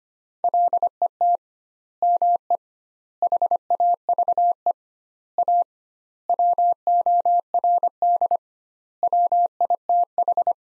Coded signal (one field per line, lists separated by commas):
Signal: Morse code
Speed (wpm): 25 wpm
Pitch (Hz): 700 Hz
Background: none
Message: LET ME HAVE A WORD WITH